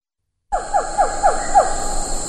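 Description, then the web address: Siamang call series of five sharp, falling notes about every quarter second, with a continuous high-pitched drone behind. "earth naturelibrary assets s si siamang"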